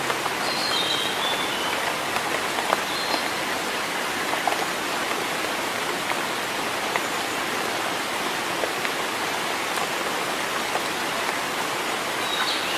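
Rain falls steadily in a forest, a dense, even hiss that holds without a break for the whole stretch. Brief drop ticks pop out here and there, and a few faint, thin bird chirps show up near the start and again at the end.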